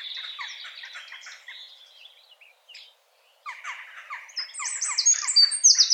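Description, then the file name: Eurasian wren singing a fast, tumbling jumble of high notes. A brief pause follows, then more notes that build into loud, very high trills. "Troglodytes troglodytes"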